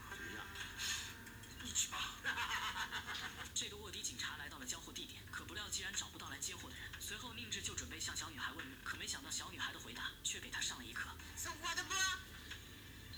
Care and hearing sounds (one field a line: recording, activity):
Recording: daily activity, guitar pickup as the sensor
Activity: browse video